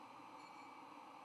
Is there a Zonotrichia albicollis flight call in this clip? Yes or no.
no